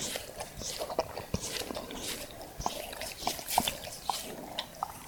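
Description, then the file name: Dog licking, scattered wet slurps and smacking sounds, softer at times, over a light background hiss. Dog licking the recordist's hand. "dog licking my hand"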